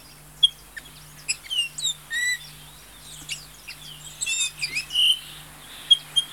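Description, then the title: Bay-winged cowbird song: scattered sweet whistles, slurred notes and short chips, with pauses between bursts and a faint low hum beneath. Lives in small groups of seven or eight birds; groups are often heard singing together, sounding like an orchestra tuning its instruments. "Museo de Ciencias de Bahía Blanca - PdA - Tordo Músico"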